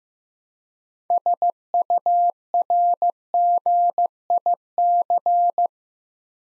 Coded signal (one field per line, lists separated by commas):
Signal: Morse code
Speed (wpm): 15 wpm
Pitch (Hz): 700 Hz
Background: none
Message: SURGIC